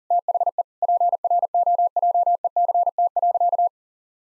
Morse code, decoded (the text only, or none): THE PROJECT.